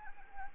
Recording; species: mosquito wingbeat signal from an infrared sensor; Anopheles arabiensis